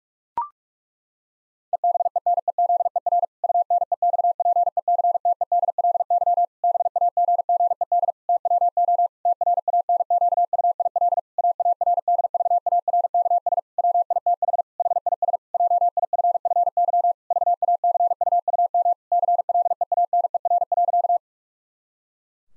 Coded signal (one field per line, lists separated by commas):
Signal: Morse code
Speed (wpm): 41 wpm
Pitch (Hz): 700 Hz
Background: none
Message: EBENEZER UNEXPECTEDLY BAGGED TWO TRANQUIL AARDVARKS WITH HIS JIFFY VACUUM CLEANER.